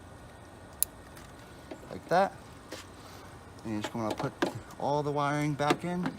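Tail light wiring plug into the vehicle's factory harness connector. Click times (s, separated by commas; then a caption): 0.8 s. The plug of a new Sunpie LED tail light is pushed into the factory wiring connector on a Jeep Wrangler JK, and a single sharp click sounds at 0.8 s as it latches into place. After that, someone talks. The connector is seated.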